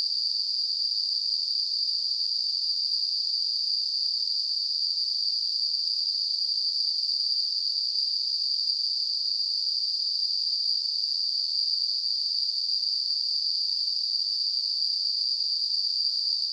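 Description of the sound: A steady, unbroken high-pitched hissing ring, centred around 4 to 5 kHz, holds at constant loudness for the whole 16 seconds with no pauses or pulsing. It is a simulated tinnitus sound, imitating the continuous ringing or hissing heard in the ears.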